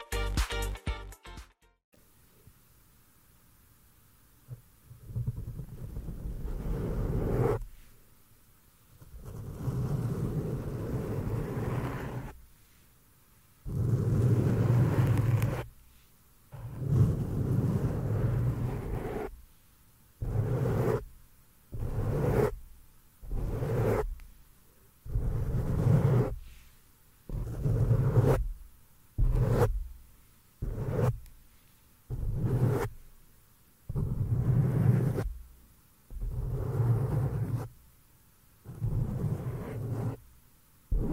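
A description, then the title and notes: Hands brush and rub against the microphone in repeated soft, low swishing strokes, each lasting a second or two. After a quiet start with a few faint clicks, the strokes come in a steady rhythm with brief silent gaps and sharp ticks between them. ASMR DELICATE HAND MOVEMENTS AND MIC TOUCHING FOR 1 HOUR! ASMR MIC TAPPING, GENTLE ASMR NO TALKING.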